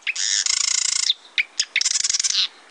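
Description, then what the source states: Marsh wren song: two dense, grating rattling trills separated by a few sharp notes. Song likened to a chugging sewing machine or toy machine gun, air bubbles forcing through mud, or the grating of a rusty hinge; wetland bird of cattails.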